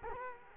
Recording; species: mosquito wingbeat signal from an infrared sensor; Culex quinquefasciatus